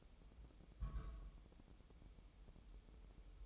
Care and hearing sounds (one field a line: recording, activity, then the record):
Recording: daily activity, microphone in the room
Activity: place on stove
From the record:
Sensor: 1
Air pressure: 988.3 hPa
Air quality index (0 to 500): 202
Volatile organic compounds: 1000 ppm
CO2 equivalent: 5407 ppm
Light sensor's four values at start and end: 27/98/37/39 and 27/98/37/39